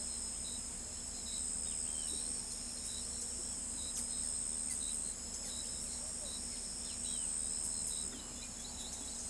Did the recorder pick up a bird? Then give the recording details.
no. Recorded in pastures near Pivijay, Magdalena, Colombia, on 5 June 2023 at 06:00. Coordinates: 10.456, -74.369. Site P6-G026